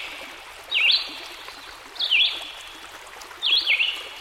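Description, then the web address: Red-eyed Vireo giving three short, slurred warbling phrases, a rushing stream steady behind them. Heard with a stream in the background. "Dan Gibson Songbirds By The Stream. Red - Eyed Vireo"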